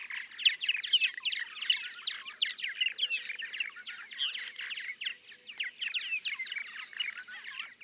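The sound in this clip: Purple martin song, long continuous chatter of liquid chirps, gurgles and croaks crowded together.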